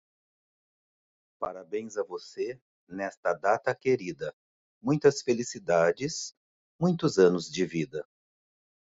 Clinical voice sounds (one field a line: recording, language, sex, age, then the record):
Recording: short text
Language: Brazilian Portuguese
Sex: male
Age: 40 to 49 years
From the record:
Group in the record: control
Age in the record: 49 years